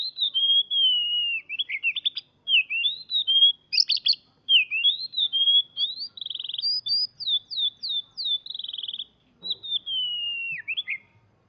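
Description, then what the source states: Magpie-robin singing a fluid sequence of clear whistles, sharp up-and-down slurs and short rapid trills, phrases tumbling one after another with brief pauses. Song mixed with imitations of canary song.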